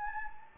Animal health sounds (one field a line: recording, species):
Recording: mosquito wingbeat signal from an infrared sensor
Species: Anopheles gambiae